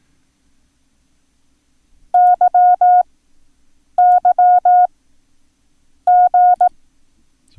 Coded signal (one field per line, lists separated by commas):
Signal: Morse code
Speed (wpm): 18 wpm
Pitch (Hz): 720 Hz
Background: none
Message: YYG